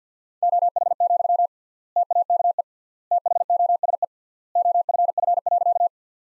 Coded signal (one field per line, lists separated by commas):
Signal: Morse code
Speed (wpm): 50 wpm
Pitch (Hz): 700 Hz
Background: none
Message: OH, TAKE THOSE OFF.